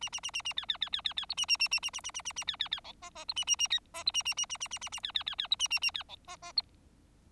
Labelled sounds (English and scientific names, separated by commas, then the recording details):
Bengalese Finch (Lonchura striata domestica) song
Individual Bird4